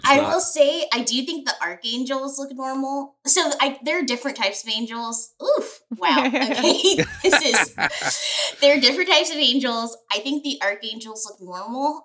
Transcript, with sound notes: I will say I do think the archangels look normal. So, there are different types of angels. Ooh, wow. [laughter] This is… There are different types of angels. I think the archangels look normal,